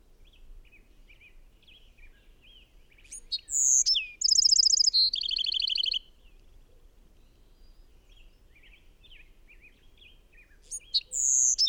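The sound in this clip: Bird song: one loud phrase of a high whistle followed by two quick trills at different pitches, then a new phrase begins near the end; soft chirping between.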